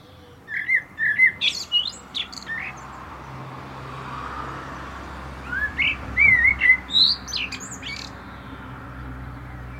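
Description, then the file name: Common blackbird delivering two short fluted phrases ending in shrill twittering, over a steady background rumble. "Turdus merula"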